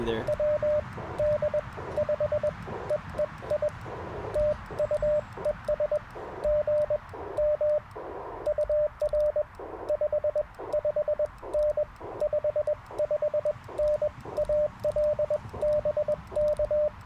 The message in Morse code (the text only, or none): WD5EEI TU ES GM UR 55N 55N AL BK